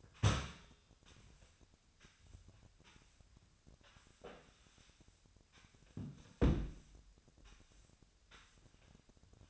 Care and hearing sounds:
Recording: daily activity, microphone in the room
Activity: sweep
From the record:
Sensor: 2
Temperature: 25.5 degrees Celsius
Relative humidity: 38.8%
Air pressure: 1006.8 hPa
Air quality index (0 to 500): 198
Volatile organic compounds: 13 ppm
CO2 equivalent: 2426 ppm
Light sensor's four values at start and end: 9/22/9/9 and 9/21/9/9

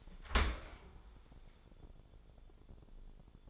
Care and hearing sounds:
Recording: daily activity, microphone in the room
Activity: open dishwasher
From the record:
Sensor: 5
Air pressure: 1015.0 hPa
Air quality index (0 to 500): 133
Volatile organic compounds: 3 ppm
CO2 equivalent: 1433 ppm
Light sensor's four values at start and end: 37/88/36/38 and 38/89/36/40

